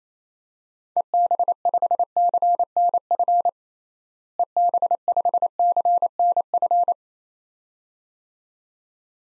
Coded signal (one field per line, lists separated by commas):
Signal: Morse code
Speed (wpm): 28 wpm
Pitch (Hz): 700 Hz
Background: none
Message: EB5CNF EB5CNF